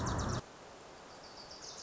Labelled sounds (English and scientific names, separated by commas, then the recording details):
Wilson's Warbler (Cardellina pusilla)
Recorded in Sonoma County, California